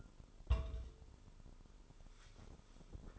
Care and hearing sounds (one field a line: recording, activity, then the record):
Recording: daily activity, microphone in the room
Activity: place on stove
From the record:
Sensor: 5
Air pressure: 988.4 hPa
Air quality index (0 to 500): 201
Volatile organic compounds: 76 ppm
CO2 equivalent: 3574 ppm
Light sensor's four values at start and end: 47/139/55/59 and 48/141/56/61